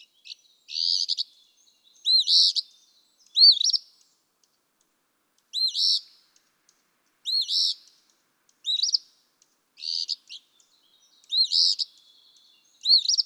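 Eastern phoebe singing about nine buzzy two-part phrases, spaced a second or two apart.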